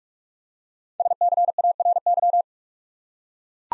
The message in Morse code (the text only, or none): SCARY